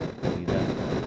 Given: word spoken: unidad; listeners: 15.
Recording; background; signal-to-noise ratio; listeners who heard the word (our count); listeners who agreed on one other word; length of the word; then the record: one Spanish word in noise, from a listening test; noise modulated by three-talker babble; -7.6 dB; 2 of 15; 9 of 15; 0.66 s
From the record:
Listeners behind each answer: 9, 2, 2, 1, 1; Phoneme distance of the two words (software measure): 28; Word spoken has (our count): 3 syllables, 6 phonemes, stress on syllable 3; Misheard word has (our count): 2 syllables, 6 phonemes, stress on syllable 2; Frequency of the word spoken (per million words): 107.67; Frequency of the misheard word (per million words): 387.05